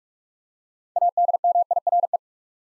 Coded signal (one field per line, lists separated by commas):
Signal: Morse code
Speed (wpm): 45 wpm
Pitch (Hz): 700 Hz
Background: none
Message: ADMIRE